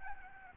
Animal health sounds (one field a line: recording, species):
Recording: mosquito wingbeat signal from an infrared sensor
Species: Aedes albopictus